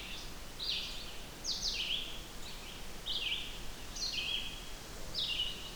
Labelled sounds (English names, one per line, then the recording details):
Red-eyed Vireo song
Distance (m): 40 m
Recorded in boreal forest in Alberta, Canada, on 16 June 2016 at 08:33
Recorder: SongMeter 3, array SBT-3-32
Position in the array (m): 159 m, 115 m